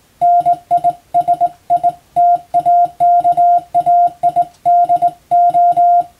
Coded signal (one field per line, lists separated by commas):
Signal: Morse code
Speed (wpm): 20 wpm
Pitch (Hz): 700 Hz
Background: music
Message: NISITAKAIDO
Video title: 無線従事者国家試験総合無線通信士電気通信術のトレーニングにＣＷを打ってみました。アマチュア無線ハムの受信練習にもどうぞ(morse code practice for radio operator )